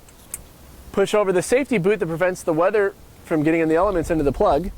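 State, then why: Seated. A quarter-inch air chuck fitting on a Roadmaster supplemental brake air line is pushed onto the connector at the front of a towed car and snaps on with a sharp click at 0.3 s, seating the fitting. Someone then talks over low background noise.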